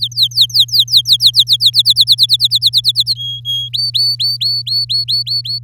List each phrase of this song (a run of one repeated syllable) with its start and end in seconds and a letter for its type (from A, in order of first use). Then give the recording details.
0.00-1.70 A, 1.73-3.14 B, 3.15-3.69 C, 3.73-5.59 D. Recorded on 8 May 2018 at 05:46. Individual llb16